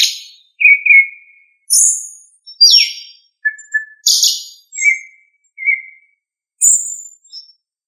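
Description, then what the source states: Thrush song: clear, varied phrases mixing high squeaky notes with lower whistled slurs, each phrase separated by short pauses, in a quiet background. Thrush family, Turdidae.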